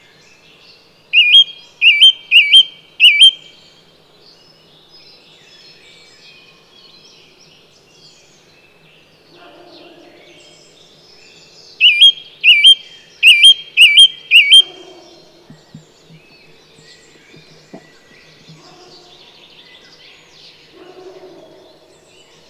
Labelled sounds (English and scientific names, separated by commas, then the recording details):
Song Thrush (Turdus philomelos) song
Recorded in the wild
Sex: male
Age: adult
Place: Vipperow, Müritz, Mecklenburg-Vorpommern, DE
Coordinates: 53.3461, 12.6836
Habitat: alder marsh
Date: 1998-04-07 17:30
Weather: cloudy, 12°C
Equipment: Sony TCD-D3, Telinga Pro 5
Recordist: Frommolt, Karl-Heinz